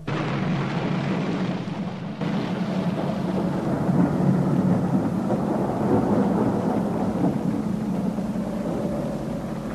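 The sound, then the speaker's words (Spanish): A steady, dense roar of rain and gusting wind at night fills the whole stretch, with a deep rumble of thunder rolling underneath and swelling after the first couple of seconds. No voices are heard. “acelerando el paso en medio de la tormenta que perturbaba el silencio de esa noche.”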